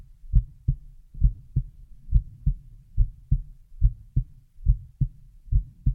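Steady, deep, muffled adult heartbeat: paired lub-dub thumps at about 70 beats a minute, with an even rhythm and low background rumble. Heartbeat sounds only, made as a relaxing ASMR sound.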